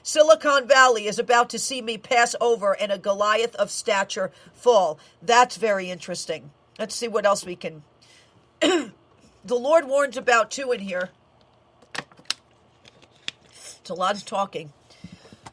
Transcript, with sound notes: "Silicon Valley is about to see me pass over and a Goliath of stature fall." That's very interesting. Let's see what else we can... (clears throat) . The Lord warns about two in here. It's a lot of talking.